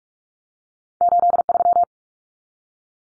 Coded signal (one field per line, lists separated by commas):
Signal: Morse code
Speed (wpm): 44 wpm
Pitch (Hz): 700 Hz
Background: none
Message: 83